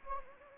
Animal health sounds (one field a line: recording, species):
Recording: mosquito wingbeat signal from an infrared sensor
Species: Anopheles gambiae